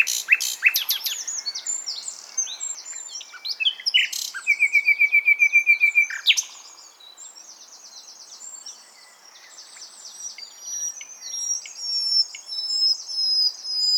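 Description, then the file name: Common nightingale song of varied rapid notes, then a fast run of repeated notes, and a pause before more high-pitched phrases. "Luscinia megarhynchos"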